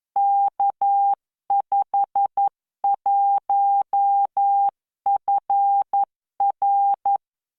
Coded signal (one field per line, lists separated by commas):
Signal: Morse code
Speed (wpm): 11 wpm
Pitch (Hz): 800 Hz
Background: none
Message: K51FR